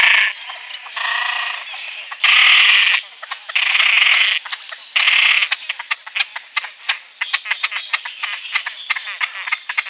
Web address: Schulze Peter Great Crested Grebe